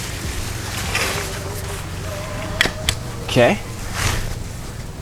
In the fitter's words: Okay, got locked into place.